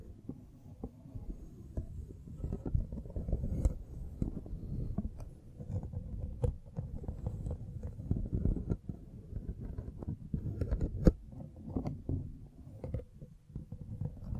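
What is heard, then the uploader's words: A microphone is brushed and scratched up close, producing a dense, continuous low rumble and rustle that churns throughout. Sharp scraping clicks cut through irregularly, with stronger ones around the fourth, sixth and eleventh seconds, and nothing else is heard. BRAIN TINGLES ASMR Mic Brushing and Scratching (No Talking).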